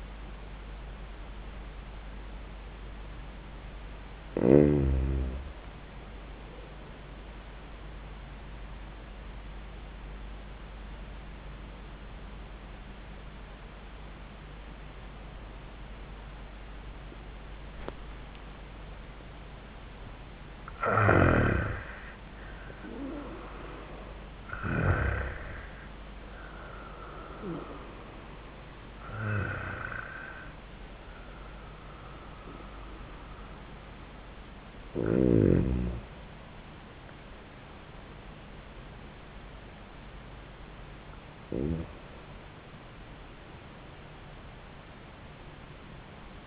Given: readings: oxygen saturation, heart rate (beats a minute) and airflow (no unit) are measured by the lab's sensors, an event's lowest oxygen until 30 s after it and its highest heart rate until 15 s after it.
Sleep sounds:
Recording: breathing in sleep by a voice recorder at the bedside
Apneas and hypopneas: 1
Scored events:
10.00-22.90 s: obstructive apnea (N1, oxygen 94% highest, then 87% lowest, heart rate 81 at the start, 91 highest)
From the record:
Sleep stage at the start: N1 (lightest sleep)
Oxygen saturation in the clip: 87 to 96%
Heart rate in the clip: 81 to 91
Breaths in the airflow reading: 6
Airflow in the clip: -18.1 to 15.6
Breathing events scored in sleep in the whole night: 400 in 8.7 hours asleep

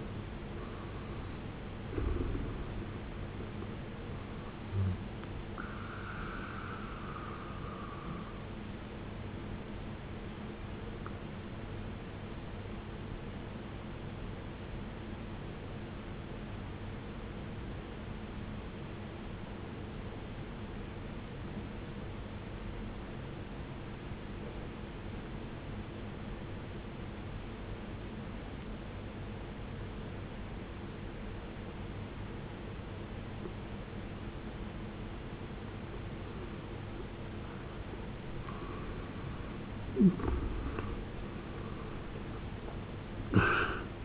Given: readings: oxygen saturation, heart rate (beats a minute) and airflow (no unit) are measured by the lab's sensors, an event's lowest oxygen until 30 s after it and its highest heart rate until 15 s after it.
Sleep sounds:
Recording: breathing in sleep by a voice recorder at the bedside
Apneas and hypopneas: 1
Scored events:
16.00-40.00 s: obstructive apnea (N1, oxygen 95% highest, then 75% lowest, heart rate 68 at the start, 81 highest)
24.00-44.05 s: new sleep stage, N2 (light sleep)
From the record:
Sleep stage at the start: N1 (lightest sleep)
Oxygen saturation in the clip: 79 to 95%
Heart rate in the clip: 52 to 71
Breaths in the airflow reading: 4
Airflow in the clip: -12.0 to 13.8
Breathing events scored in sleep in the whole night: 389 in 6.3 hours asleep

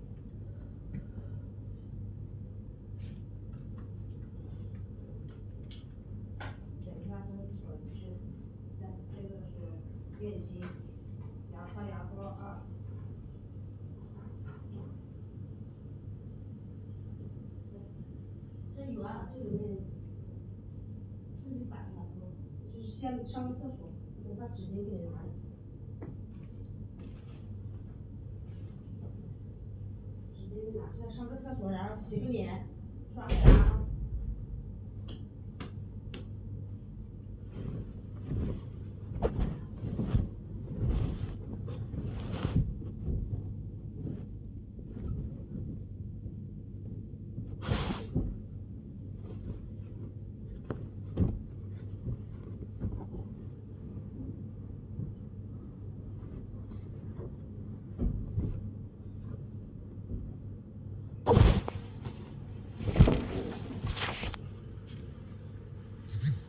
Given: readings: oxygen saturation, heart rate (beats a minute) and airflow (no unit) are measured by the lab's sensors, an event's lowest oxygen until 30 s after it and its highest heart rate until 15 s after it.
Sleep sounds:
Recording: a person awake in a sleep study, by a smartphone at the bedside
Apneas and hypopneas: none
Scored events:
0.00-66.49 s: awake
0.00-66.49 s: awake
From the record:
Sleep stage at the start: awake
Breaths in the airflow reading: 23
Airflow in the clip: -0.7 to 0.8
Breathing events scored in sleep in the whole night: 103 in 8.4 hours asleep

